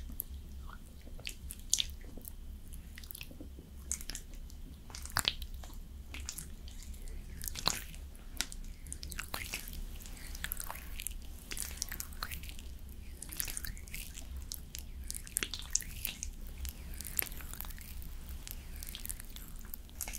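Slow makeup application with personal attention: soft tapping, brushing and small wet clicks come every second or so, some sharper snaps standing out near 2, 5 and 7.5 seconds. A low steady hum runs underneath throughout.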